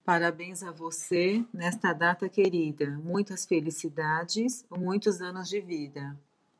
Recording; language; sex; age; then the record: short text; Brazilian Portuguese; female; 40 to 49 years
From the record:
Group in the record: control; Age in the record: 46 years